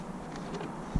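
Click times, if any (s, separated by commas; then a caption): none. A neon light strip's plastic edge is being handled and pressed toward the gap between the door or dash trim panels, with steady low hum and faint rustling over about one second. A low thump lands near the end at around 1.0 s, but nothing has seated or clicked yet.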